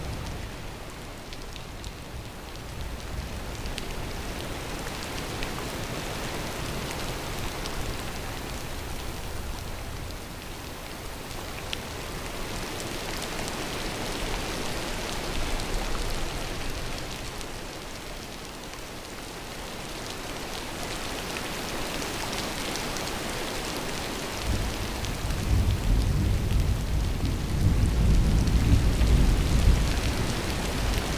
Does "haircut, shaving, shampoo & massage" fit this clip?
no